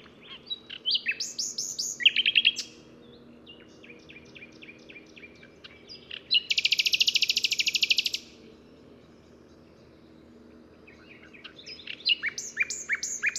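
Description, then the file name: Common nightingale song: varied notes, an even run of repeated chips, then a loud fast buzzy trill lasting nearly two seconds, and a closing phrase. "Luscinia megarhynchos"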